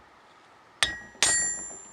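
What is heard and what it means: A Volvo XC70 axle shaft is hammered on the edge of an anvil to drive the steel outer CV joint fully onto the shaft and past its retaining clip. Two sharp, ringing metallic strikes land at 0.8 s and 1.2 s, the second ringing out longer. The outer CV joint is confirmed seated on the axle.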